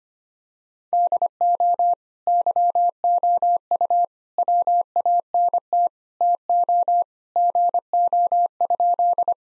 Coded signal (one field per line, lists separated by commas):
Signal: Morse code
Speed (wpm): 25 wpm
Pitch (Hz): 700 Hz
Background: none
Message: DO YOU WANT TO GO?